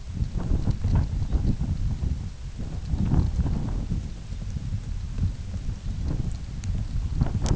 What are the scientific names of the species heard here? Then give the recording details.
none. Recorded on Arctic tundra, site UTQI-8, on 16 June 2019. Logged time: 20:00